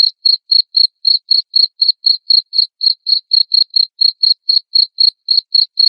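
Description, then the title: Cricket sings a regular pulsing chirp, high-pitched and loud, about four chirps per second throughout, with a quiet background. Loud cricket chirping played to make lovebirds sing continuously. "Suara JANGKRIK NGERIK Keras Bikin LOVEBIRD Jadi NGEKEK Terus Vubey"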